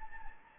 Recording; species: mosquito wingbeat signal from an infrared sensor; Anopheles gambiae